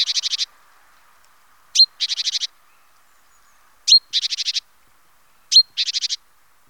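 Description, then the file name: Great tit calls, each a sharp note followed by a quick buzzy rattle of several pulses, repeated about every two seconds. "Mesange charbonniere"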